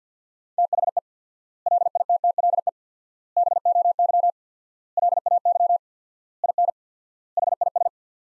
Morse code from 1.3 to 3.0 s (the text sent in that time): LITTLE